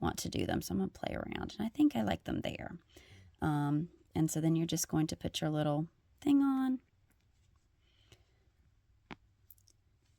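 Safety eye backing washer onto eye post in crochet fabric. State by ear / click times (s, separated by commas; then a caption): not seated / none. Someone talks for the first seven seconds while placing a plastic safety eye in the crocheted fabric of an amigurumi cat and getting its plastic backing washer ready to push onto the eye's stem. After that comes quiet handling with two faint ticks near 9.1 and 9.5 s. The washer has not snapped on or seated yet.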